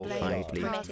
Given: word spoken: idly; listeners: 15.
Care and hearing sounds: one English word in noise, from a listening test; four-talker babble; 0.2 dB; 2 of 15; 6 of 15; 0.52 s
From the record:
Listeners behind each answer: 6, 2, 2, 1, 1, 1, 1, 1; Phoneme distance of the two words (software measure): 14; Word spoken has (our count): 2 syllables, 4 phonemes, stress on syllable 1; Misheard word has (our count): 2 syllables, 4 phonemes, stress on syllable 1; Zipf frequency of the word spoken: 2.50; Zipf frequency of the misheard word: 4.29

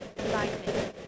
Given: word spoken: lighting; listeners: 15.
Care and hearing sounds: one English word in noise, from a listening test; noise modulated by three-talker babble; -6.2 dB; 2 of 15; 10 of 15; 0.68 s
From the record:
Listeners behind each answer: 10, 2, 1, 1, 1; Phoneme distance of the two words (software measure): 7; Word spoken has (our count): 2 syllables, 5 phonemes, stress on syllable 1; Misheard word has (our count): 2 syllables, 6 phonemes, stress on syllable 1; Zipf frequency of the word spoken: 4.00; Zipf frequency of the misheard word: 4.00

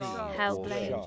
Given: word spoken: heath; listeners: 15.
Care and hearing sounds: one English word in noise, from a listening test; four-talker babble; 0.6 dB; 0 of 15; 9 of 15; 0.67 s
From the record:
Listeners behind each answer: 9, 2, 1, 1, 1, 1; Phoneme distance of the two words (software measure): 27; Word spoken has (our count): 1 syllable, 3 phonemes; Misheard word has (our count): 1 syllable, 4 phonemes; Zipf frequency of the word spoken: 3.96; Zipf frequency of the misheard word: 5.75

